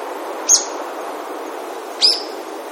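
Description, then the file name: Brown-eared bulbul giving two short, shrill, high notes about a second and a half apart over a steady low hiss. "hiyo"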